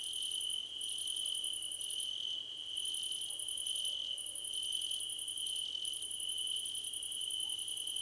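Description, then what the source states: Cricket chorus with a constant piercing tone and overlapping bursts of fast, very high-pitched pulses, separated by short gaps. Several crickets chirping together as a chorus, described as a choir competition.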